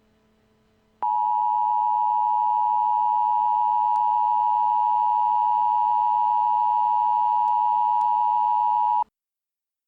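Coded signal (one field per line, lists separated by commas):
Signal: Emergency Alert System (SAME) tones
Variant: 853 and 960 Hz attention tone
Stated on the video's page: Valid EAS tones in a fictional scenario, made with EAS Creator software.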